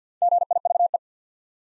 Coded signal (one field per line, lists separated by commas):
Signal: Morse code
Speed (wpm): 48 wpm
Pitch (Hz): 700 Hz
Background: none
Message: GIVE